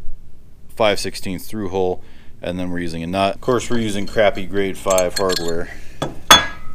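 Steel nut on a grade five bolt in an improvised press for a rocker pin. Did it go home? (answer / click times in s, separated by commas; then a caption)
no / 6.3 s. Someone talks while a steel nut on a 5/16-18 grade five bolt, passed through a drilled hole in a homemade press, is tightened to push out a rocker pin during the teardown of a Yamaha Warrior 350 engine. A short metallic tick at about 6.0 s is followed at 6.3 s by a sharp, loud metallic clink as the nut's thread lets go and strips out.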